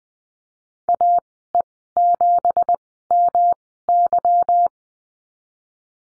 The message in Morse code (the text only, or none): AE7MY